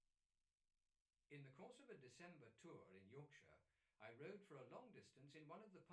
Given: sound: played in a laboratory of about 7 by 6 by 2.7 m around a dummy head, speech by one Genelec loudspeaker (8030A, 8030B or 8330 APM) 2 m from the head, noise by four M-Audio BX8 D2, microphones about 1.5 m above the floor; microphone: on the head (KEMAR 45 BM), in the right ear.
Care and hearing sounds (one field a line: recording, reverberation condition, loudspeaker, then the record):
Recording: male speech in English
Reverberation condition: low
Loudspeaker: 90 degrees to the left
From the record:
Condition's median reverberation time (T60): about 310 ms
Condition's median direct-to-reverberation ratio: about 3.5 dB